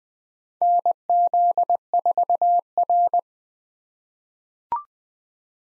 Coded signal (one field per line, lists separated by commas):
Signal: Morse code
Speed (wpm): 20 wpm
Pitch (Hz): 700 Hz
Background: none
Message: NZ4R